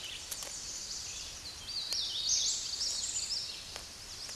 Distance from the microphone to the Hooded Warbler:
about 35 m